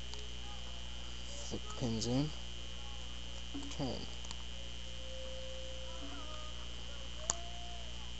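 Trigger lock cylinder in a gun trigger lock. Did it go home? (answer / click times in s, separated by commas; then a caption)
released / 7.3 s. A metal trigger lock on a gun has its pins set with a pick while tension turns the cylinder, and someone talks over faint background hum. A sharp click at 7.3 seconds marks the cylinder turning, and the lock releases.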